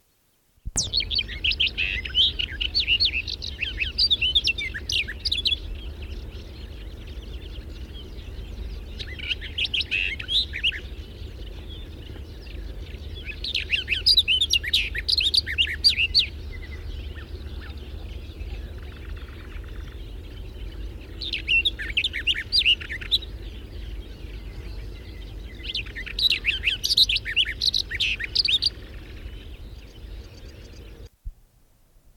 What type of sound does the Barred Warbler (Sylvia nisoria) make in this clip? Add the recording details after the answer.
song. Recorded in the wild. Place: Wostevitz, Insel Rügen, Mecklenburg-Vorpommern, DE. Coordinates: 54.498, 13.567. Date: 1971-06-01. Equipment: Nagra III BH, Sennheiser MD 21, parabola. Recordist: Schubert, Michael. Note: Gesang Sperbergrasmücke